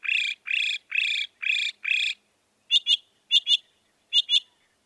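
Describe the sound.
Northern mockingbird song: five harsh, raspy notes in a row, followed by three paired sharp chirps.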